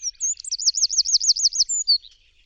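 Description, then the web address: Bird song: a string of quick looping high notes, followed by two thin descending whistles that fade out. "cianscape birddata Deverinetal 2025"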